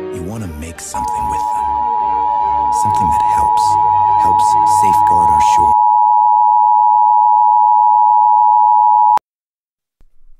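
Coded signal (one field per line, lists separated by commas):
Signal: Emergency Alert System (SAME) tones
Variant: 853 and 960 Hz attention tone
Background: speech, music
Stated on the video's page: Fictional EAS scenario imagining an alert for a real event.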